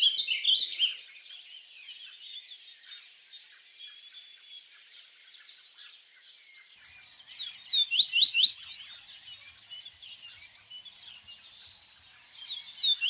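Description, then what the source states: Birds chirping in a soft background chorus, with louder bursts of sharp repeated tweets at the start, around eight to nine seconds, and at the end. Birds singing at dawn.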